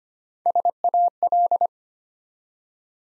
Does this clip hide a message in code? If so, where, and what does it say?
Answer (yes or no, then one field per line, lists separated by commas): yes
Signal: Morse code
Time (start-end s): 0.5-1.7 s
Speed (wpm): 25 wpm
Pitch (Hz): 700 Hz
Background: none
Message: SAL